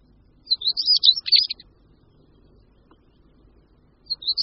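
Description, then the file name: European stonechat giving one quick, squeaky chattering phrase, followed after a pause by the start of another. "Bramborníček-černohlavý"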